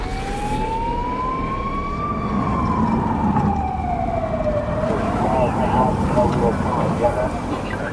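police siren

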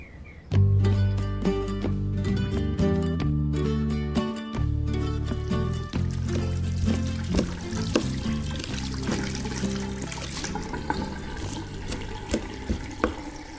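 water pouring

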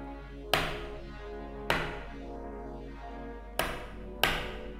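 knocking on a door

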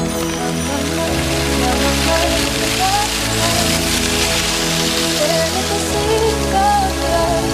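rain sound effect

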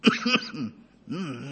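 cough

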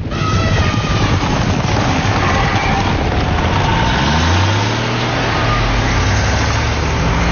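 truck engine

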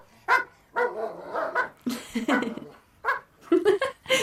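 dogs barking

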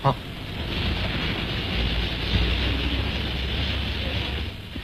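steam locomotive releasing steam

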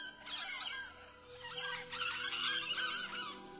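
carolina parakeet call

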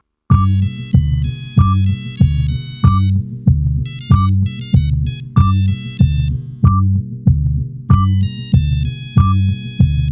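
phone ringtone ringing

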